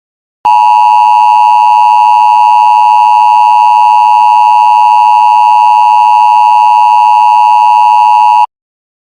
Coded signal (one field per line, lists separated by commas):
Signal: Emergency Alert System (SAME) tones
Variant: 853 and 960 Hz attention tone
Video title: eas tv green screen